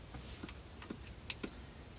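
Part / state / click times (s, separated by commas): tablet into a vehicle tablet dock / seated / 1.3 s, 1.4 s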